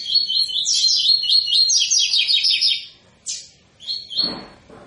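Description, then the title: Double-collared seedeater pours out a long, dense string of high twittering notes, then sharp single chips. A dull knock sounds near the end. Tui-tui style song of a spirited ('fibra') bird, used as a teaching song for young birds. "COLEIRO TUI TUI FIBRA"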